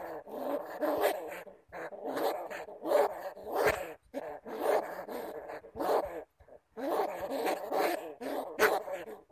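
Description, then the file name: Bamboo rat calling with grating, humming growls in uneven bursts, punctuated by brief crisp clicks and short silences. "Tieng dui keu"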